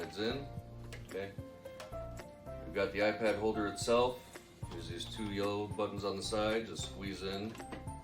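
Someone talks over background music while handling a plastic iPad holder, squeezing its two yellow side buttons to fit it onto the stem of a voting-station stand. A few brief, faint knocks of handling come at about 1.7, 1.8 and 2.2 seconds. The holder has not yet snapped into place by the end, so nothing has seated or clicked yet.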